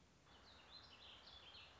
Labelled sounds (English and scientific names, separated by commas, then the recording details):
Warbling Vireo (Vireo gilvus)
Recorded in Sonoma County, California